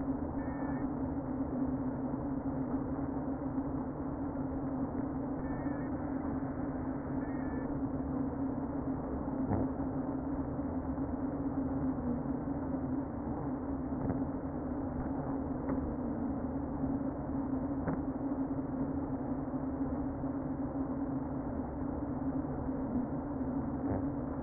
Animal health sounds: honeybee colony, microphone inside the hive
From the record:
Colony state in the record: queen present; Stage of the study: before two queens were removed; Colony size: about 60,000 bees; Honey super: yes

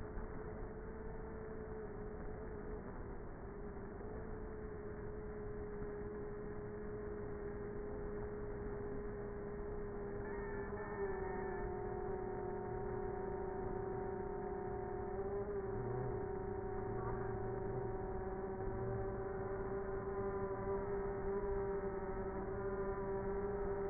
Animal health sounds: honeybee colony, microphone inside the hive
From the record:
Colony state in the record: queenless with a low population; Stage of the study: before two queens were removed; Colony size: about 30,000 bees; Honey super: no

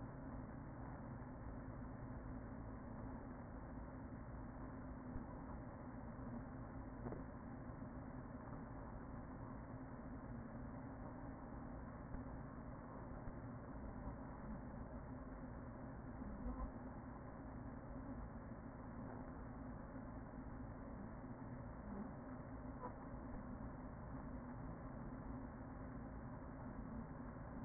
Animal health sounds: honeybee colony, microphone inside the hive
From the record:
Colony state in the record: queen present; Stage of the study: after two queens were removed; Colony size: about 40,000 bees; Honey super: no

